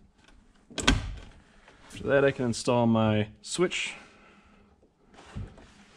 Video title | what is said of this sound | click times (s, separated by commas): Dome Light Installation With Door Switch [Polaris Ranger UTV] | Then you can just feed the wires through and snap it into place. | 0.9 s